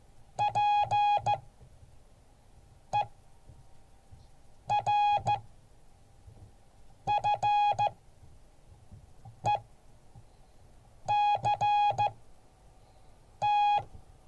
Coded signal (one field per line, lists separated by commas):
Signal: Morse code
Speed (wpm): 14 wpm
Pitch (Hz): 830 Hz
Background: none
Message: PERFECT